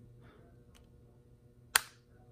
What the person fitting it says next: There we go, nice little click.